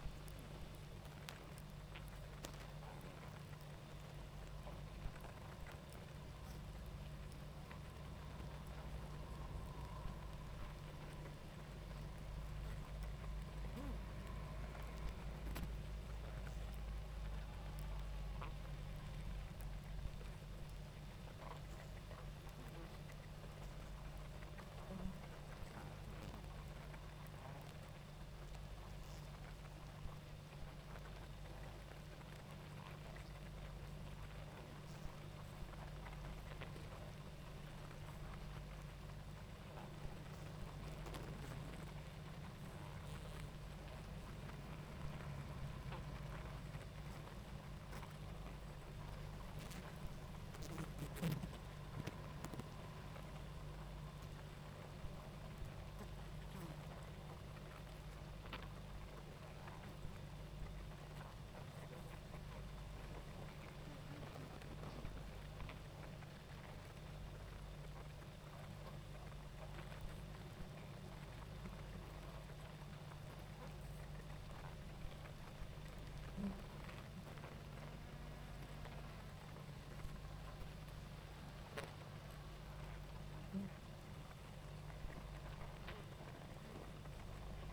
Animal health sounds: honeybee colony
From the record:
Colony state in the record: active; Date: 28 July 2017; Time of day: 19:21

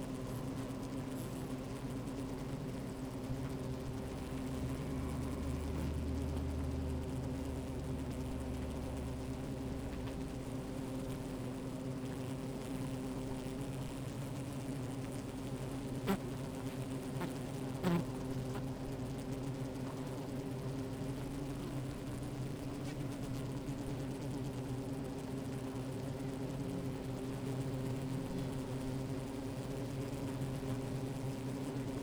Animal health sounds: honeybee colony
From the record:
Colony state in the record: active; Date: 28 July 2017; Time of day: 13:33

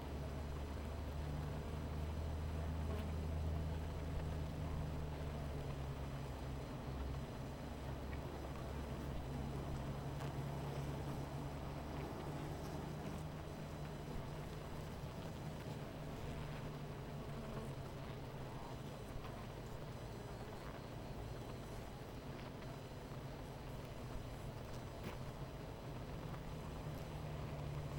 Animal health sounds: honeybee colony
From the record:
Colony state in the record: missing queen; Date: 14 July 2017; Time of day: 16:59

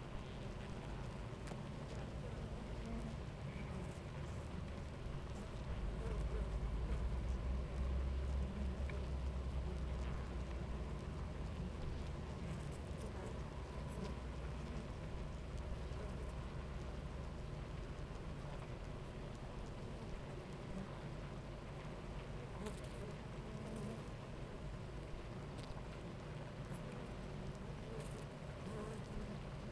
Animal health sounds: honeybee colony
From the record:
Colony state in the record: active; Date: 28 July 2017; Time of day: 10:21

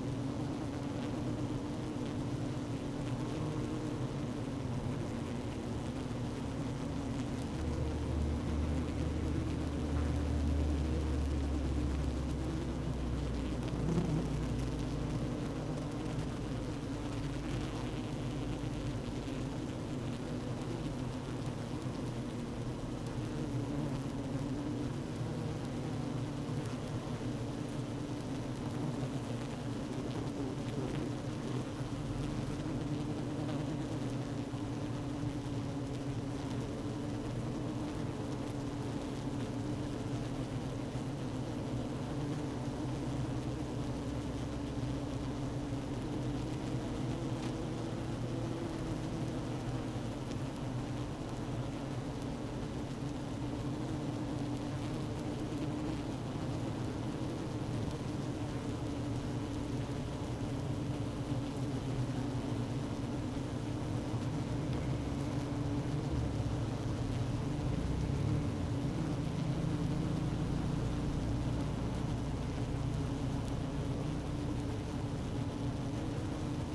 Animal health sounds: honeybee colony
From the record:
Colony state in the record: active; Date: 12 June 2018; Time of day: 16:02

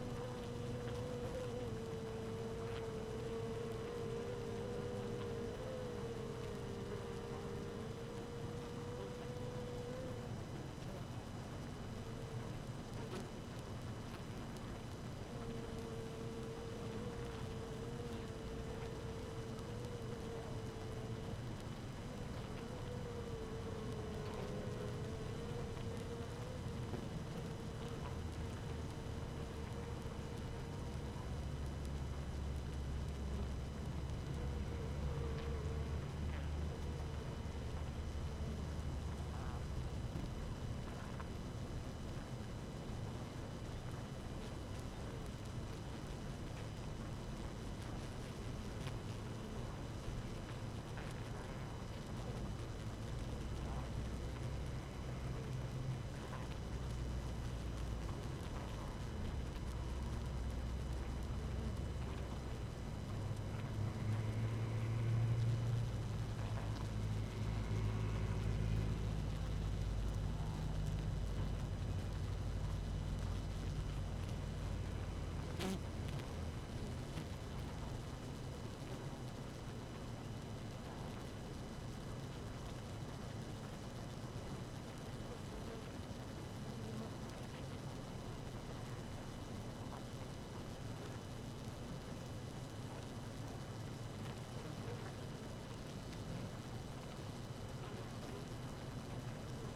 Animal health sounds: honeybee colony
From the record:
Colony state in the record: active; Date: 12 June 2018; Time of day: 5:56

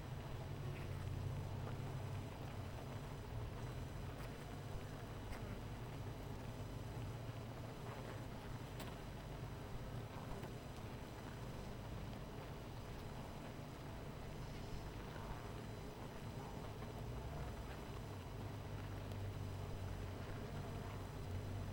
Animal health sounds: honeybee colony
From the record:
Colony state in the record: missing queen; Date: 14 July 2017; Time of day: 18:03

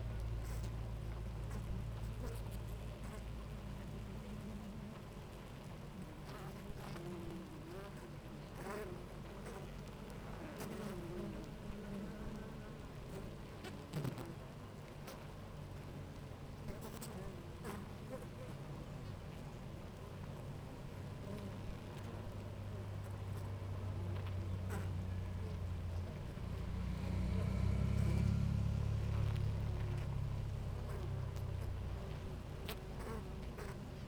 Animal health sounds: honeybee colony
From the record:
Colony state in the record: active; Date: 28 July 2017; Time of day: 9:34

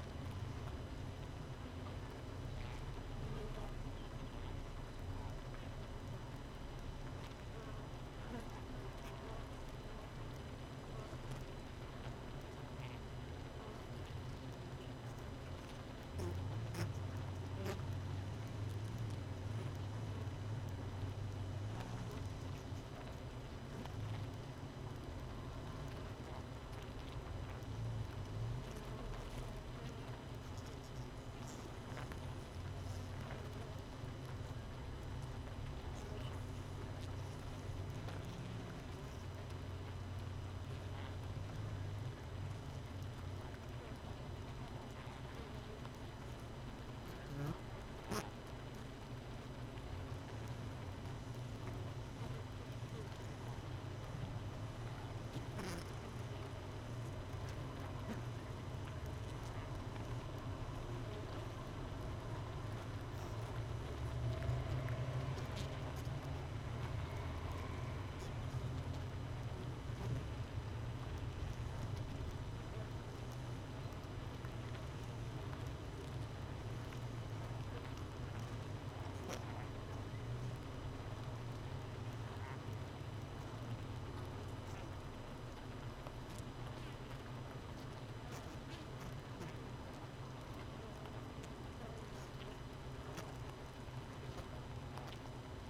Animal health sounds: honeybee colony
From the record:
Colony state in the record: missing queen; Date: 31 May 2018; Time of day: 5:11

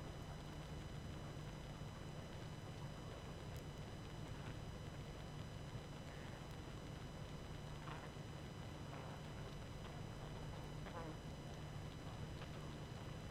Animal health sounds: honeybee colony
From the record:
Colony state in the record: active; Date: 12 June 2018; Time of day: 21:27

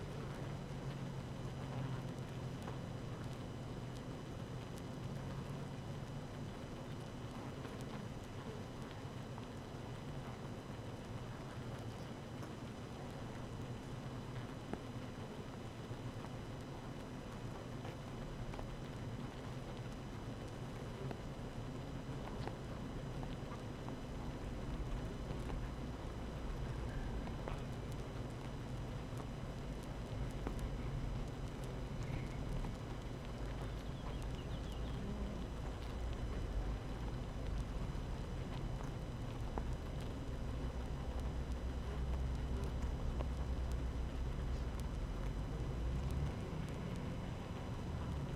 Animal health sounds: honeybee colony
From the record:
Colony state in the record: active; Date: 12 June 2018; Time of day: 7:32

